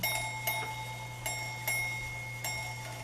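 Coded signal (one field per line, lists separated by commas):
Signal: ship's bell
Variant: ship's bell clock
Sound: small clock bell struck several times, ringing tone lingering between strikes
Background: low hum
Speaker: you can stop to let it ring at each half hour so it can go through its motions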